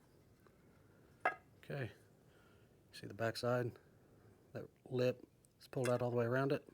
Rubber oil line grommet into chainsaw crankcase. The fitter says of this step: work that thing in there. You should hear it pop. Should kind of snap in. Yep.